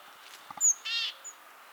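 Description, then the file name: Great tit call: a sharp, high whistled note followed at once by a harsh, buzzy churr, then a brief faint high note. "Parus major"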